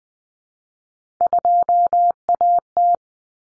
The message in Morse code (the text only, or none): 2AT